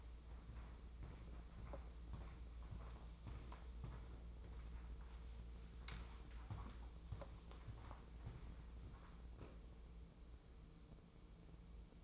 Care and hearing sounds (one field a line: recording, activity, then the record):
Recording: daily activity, microphone in the room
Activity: walk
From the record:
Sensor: 1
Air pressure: 995.9 hPa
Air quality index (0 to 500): 240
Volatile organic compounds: 1000 ppm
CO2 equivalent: 7019 ppm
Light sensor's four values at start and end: 38/95/40/49 and 38/95/40/49